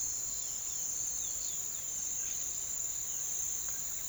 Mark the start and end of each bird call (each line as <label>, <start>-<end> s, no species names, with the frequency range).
bird call (2.4-6.2 kHz), 0.00-1.99 s